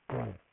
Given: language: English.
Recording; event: throat vibration sensor signal played as sound; throat clearing